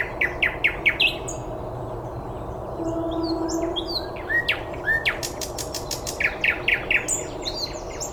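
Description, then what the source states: Birds singing in a lively chorus: sharp rapid chirps and clicking bursts, short high whistles and slurred notes, with a steady low hum underneath. Recorded 9 May 2014 at 06:39.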